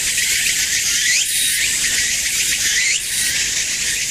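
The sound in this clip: Evening cicada calling, a dense high shrill buzz with faint repeated rising notes, steady throughout with a brief dip near three seconds.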